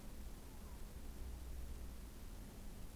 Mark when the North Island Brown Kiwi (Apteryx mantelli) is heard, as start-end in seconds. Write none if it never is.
none